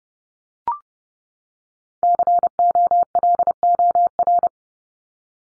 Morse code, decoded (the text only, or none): COLOR